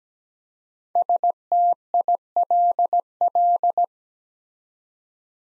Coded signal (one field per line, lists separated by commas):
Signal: Morse code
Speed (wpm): 17 wpm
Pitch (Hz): 700 Hz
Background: none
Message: STILL